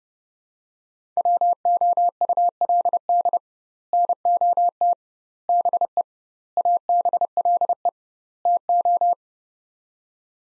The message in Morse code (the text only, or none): WOULD NOT BE ABLE TO